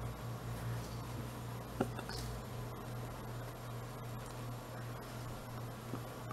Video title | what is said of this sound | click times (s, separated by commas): Tuto Aghata l'ami(e) hybride , Passe-temps Crochet Qc | Comme ceci. Je ne sais pas si vous l'avez entendu. Moi, je l'ai entendu. | 1.8 s